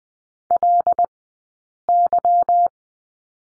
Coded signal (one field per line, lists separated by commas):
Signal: Morse code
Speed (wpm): 19 wpm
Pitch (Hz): 700 Hz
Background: none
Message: LY